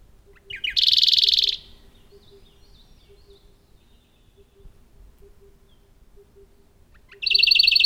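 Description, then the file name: Radde's warbler song: a brief lead-in note and a loud, fast buzzy trill, then quiet, then another trill beginning at the end. "warbler-radde Phylloscopus-schwarzi"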